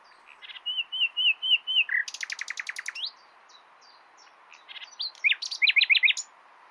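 Common nightingale song: a run of five clear whistled notes, then a fast dry rattling burst, a pause, and a quick series of sharp rising whistles.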